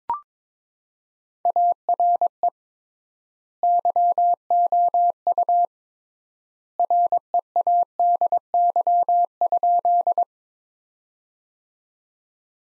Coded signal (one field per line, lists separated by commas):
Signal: Morse code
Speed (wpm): 22 wpm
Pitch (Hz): 700 Hz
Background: none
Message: ARE YOU READY?